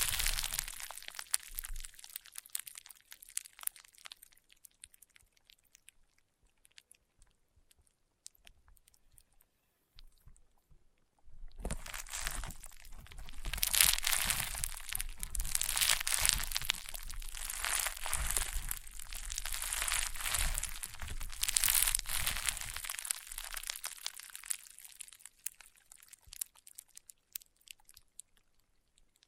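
Crunchy, popping slime is squeezed and pressed, with quieter scattered crackles and pops through the first eleven seconds. Then the sound turns dense and loud, a steady run of bright crunching and crinkling for about twelve seconds, before fading back to sparse, soft pops.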